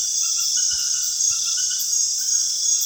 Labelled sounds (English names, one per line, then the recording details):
none
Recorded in secondary vegetation near Puerto Asís, Putumayo, Colombia, on 23 June 2025 at 20:00
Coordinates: 0.498, -76.327
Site GP09